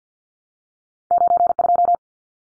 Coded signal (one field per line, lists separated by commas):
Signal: Morse code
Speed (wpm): 50 wpm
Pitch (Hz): 700 Hz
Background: none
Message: 92